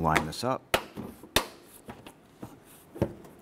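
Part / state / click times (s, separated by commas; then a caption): bumper cover edge into bumper mounting clip / seated / 1.4 s. While replacing the bumper impact absorber on a 2008-2012 Honda Accord, the plastic front bumper cover's edge is lined up and pushed into the black plastic mounting clip that was just installed as someone talks. A sharp, loud snap at 1.4 s shows the cover seating into the clip, followed by a few fainter knocks.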